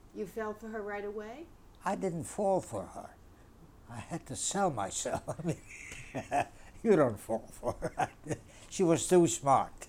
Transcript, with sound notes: You fell for her right away.
I didn't fall for her. I had to sell myself. ( he laughs ) You don't fall for, she was too smart.